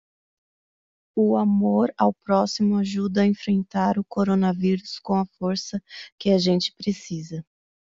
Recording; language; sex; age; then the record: spoken sentence; Brazilian Portuguese; female; 30 to 39 years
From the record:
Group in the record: control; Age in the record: 39 years